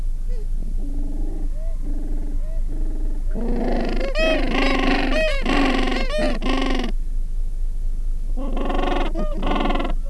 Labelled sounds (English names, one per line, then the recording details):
Gentoo Penguin
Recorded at the colony at Selvic Cove, Antarctica, on 13 December 2015
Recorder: Song Meter SM2+